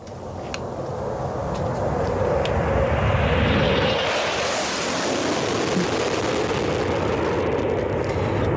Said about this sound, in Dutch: Is het geluid van je jeugd? Een straaljager? Waarom een straaljager? Nou ja, jullie vroegen mij van, wat is het geluid van je jeugd? Het eerste waar ik aan dacht waren die straaljagers.